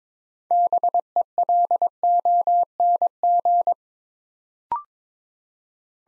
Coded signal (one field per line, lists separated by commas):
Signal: Morse code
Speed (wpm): 22 wpm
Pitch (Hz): 700 Hz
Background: none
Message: BELONG